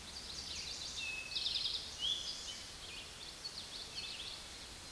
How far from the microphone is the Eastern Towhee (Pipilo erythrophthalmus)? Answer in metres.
about 40 m